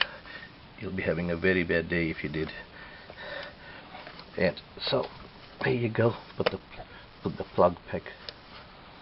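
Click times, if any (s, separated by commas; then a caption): none. Someone talks while handling the spark plug cap (coil boot) of a Hayabusa motorcycle engine, getting ready to push it back down onto the freshly installed spark plug. Between the talking there are a few faint, brief handling taps. The cap has not clicked onto the plug yet, and nothing has seated.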